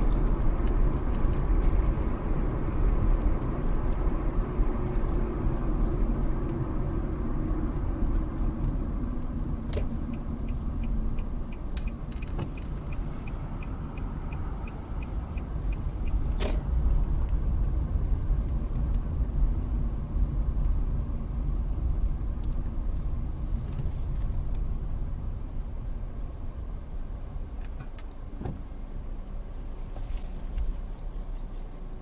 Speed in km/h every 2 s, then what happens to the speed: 45, 44, 40, 32, 24, 21, 18, 19, 23, 21, 18, 13, 8, 3, 5, 0.
0-9 slows to 21. 9-17 steady at about 19. 17-32 slows to 0.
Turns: 9-13.